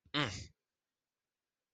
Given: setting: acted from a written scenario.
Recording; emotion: vocal sound without words; negative surprise